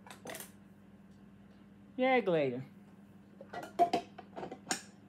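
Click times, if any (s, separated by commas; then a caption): 4.7 s. A plastic juicing drum is pushed down into the housing of an AMZCHEF slow cold juicer while someone talks, with a few light clatters and knocks around it. It snaps into place with the loudest, sharpest click at 4.7 seconds, and the drum is seated.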